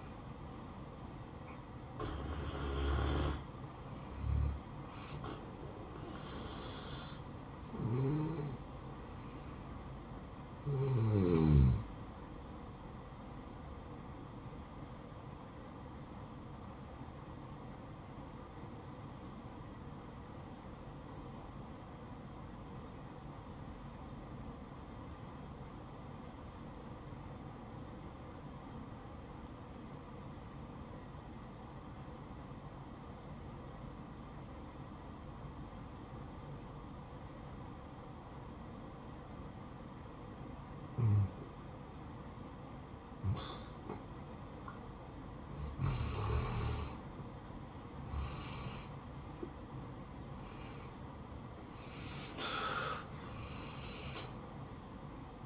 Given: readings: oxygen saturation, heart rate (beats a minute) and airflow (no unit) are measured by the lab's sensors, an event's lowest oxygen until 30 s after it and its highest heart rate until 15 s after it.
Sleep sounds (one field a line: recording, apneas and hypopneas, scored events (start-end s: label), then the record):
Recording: breathing in sleep by a smartphone at the bedside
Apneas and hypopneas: 1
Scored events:
16.00-47.10 s: obstructive apnea (N1, oxygen 96% highest, then 84% lowest, heart rate 62 at the start, 76 highest)
From the record:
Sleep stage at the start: N1 (lightest sleep)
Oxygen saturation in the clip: 83 to 96%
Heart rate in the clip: 59 to 74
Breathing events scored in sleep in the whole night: 573 in 9.8 hours asleep